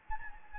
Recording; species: mosquito wingbeat signal from an infrared sensor; Anopheles gambiae